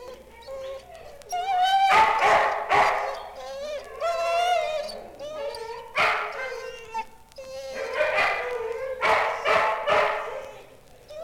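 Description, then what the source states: Dogs barking and yelping together, with high, wavering whines and howl-like cries overlapping sharp barks in several loud bursts. Dogs at a dog pound.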